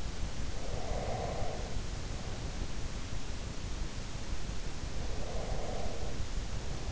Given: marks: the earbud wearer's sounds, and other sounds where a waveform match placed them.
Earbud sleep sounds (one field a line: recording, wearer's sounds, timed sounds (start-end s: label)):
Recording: sounds in sleep by an in-ear microphone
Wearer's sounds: breath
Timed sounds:
0.53-2.68 s: breath
4.98-6.85 s: breath